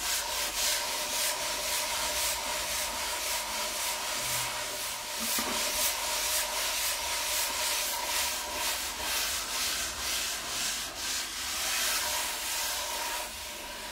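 Rubbing and scratching on a wooden table, a dense, continuous rasp with bright hiss. The strokes come in fairly regular back-and-forth pulses, roughly two per second, shifting slightly in pace and texture over the fourteen seconds. A faint low hum sits underneath.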